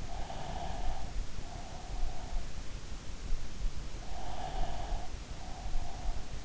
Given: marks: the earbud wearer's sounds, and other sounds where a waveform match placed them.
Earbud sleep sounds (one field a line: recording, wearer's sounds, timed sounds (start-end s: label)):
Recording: sounds in sleep by an in-ear microphone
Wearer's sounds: breath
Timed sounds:
0.00-2.58 s: breath
4.29-6.43 s: breath